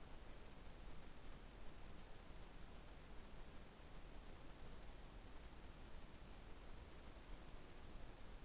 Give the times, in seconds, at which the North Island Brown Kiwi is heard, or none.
none